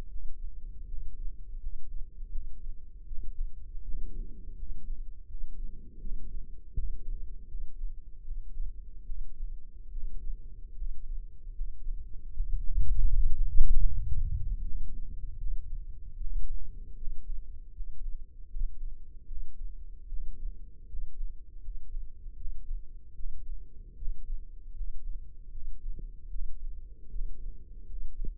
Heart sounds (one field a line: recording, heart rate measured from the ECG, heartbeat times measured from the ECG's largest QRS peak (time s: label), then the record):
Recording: heart sounds by microphone in the left ear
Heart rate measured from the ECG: 78 bpm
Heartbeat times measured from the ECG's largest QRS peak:
0.10 s: heartbeat
0.88 s: heartbeat
1.60 s: heartbeat
2.31 s: heartbeat
3.06 s: heartbeat
3.83 s: heartbeat
4.56 s: heartbeat
5.27 s: heartbeat
6.00 s: heartbeat
6.74 s: heartbeat
7.48 s: heartbeat
8.24 s: heartbeat
9.05 s: heartbeat
9.92 s: heartbeat
10.75 s: heartbeat
11.54 s: heartbeat
12.33 s: heartbeat
13.11 s: heartbeat
13.88 s: heartbeat
14.62 s: heartbeat
15.38 s: heartbeat
16.16 s: heartbeat
16.96 s: heartbeat
17.73 s: heartbeat
18.49 s: heartbeat
19.27 s: heartbeat
20.08 s: heartbeat
20.87 s: heartbeat
21.61 s: heartbeat
22.36 s: heartbeat
23.14 s: heartbeat
23.96 s: heartbeat
24.73 s: heartbeat
25.51 s: heartbeat
26.29 s: heartbeat
27.09 s: heartbeat
27.86 s: heartbeat
From the record:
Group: healthy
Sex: male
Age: 35 years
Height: 178 cm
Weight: 64 kg